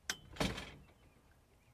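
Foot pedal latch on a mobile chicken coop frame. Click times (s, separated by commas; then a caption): 0.1 s. The front foot pedal on a mobile chicken coop's cart frame is pressed down, and its latch locks into place with a sharp metal click at 0.1 s. A second, fuller rattling clunk follows at about 0.4 s and fades over roughly half a second. The latch is seated and holds as a solid mechanism.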